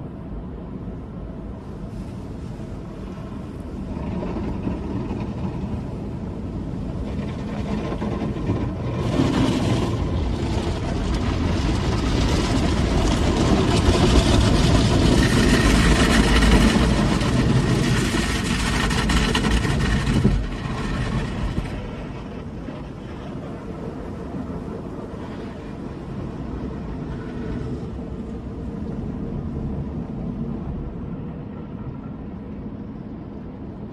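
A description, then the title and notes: An automatic car wash runs with a steady low rumble, swelling into a louder rushing spray from about ten to twenty seconds before easing back. An automatic car wash station.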